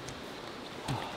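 While pitching a tent, a strap is passed through from behind and its buckle is brought toward its clip to be fastened. Steady low background noise is broken by a brief faint tick near 0.1 s and a louder short burst of handling noise around 0.9 s. Nothing has seated or clicked yet.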